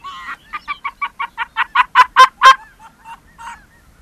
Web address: arctic fox